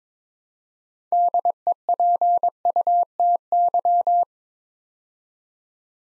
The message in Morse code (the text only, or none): DEPUTY